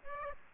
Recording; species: mosquito wingbeat signal from an infrared sensor; Aedes aegypti